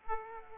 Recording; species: mosquito wingbeat signal from an infrared sensor; Aedes aegypti